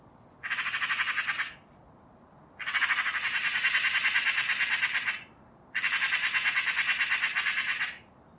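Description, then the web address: Bird giving harsh, rapidly pulsed chattering calls in three bursts, each lasting about one to two and a half seconds, with short gaps between them. "cianscape birddata Deverinetal"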